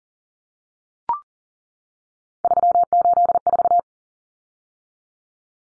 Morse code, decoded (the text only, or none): 384